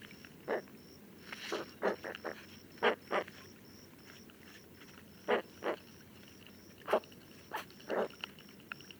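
Spoonbill grunts, brief rough bursts at irregular intervals, with a steady high insect-like pulsing tone throughout.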